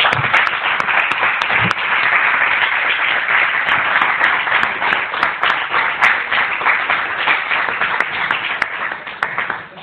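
Sustained applause from a large crowd at a 2023 awards gala as an award is presented, a dense steady wash of clapping that holds strong for about ten seconds before tapering slightly at the end, with a few faint voices mixed in.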